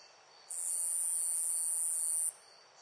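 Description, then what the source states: Single long insect buzz, shrill and steady, lasting nearly two seconds before stopping abruptly, with soft background hiss before and after. Loud insect chirps in a nature ambience.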